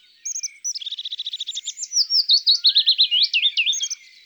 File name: Pouillot fitis ABC des chants doiseaux